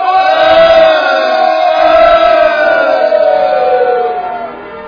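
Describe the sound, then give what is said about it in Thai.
A large crowd of men, the Israelite army at Jericho, roars a sustained war cry after the priests blow a ram's horn, many voices shouting together in a loud, rising and falling mass that fades slightly toward the end. “จงโห่ร้องเถิดคนอิสราเอล”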